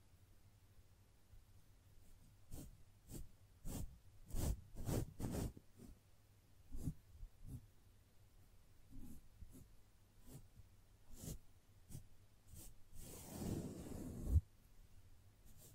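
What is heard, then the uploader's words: Gentle brushing strokes come in short, soft swishes, irregularly spaced, with a quick cluster around four to six seconds and sparser ones after. Near thirteen seconds a longer, fuller rustling pass builds and ends with a brief knock. A low steady hum runs underneath throughout. ASMR Gently Brushing Your Brain (No Talking).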